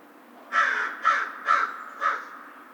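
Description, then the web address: American crow giving four harsh, hoarse caws in a steady series about half a second apart. Recorded 2 March 2010. "Crow 2010 03 02 American Crow"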